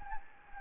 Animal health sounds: mosquito wingbeat signal from an infrared sensor; Anopheles gambiae

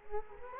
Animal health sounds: mosquito wingbeat signal from an infrared sensor; Culex quinquefasciatus

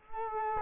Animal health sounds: mosquito wingbeat signal from an infrared sensor; Culex quinquefasciatus

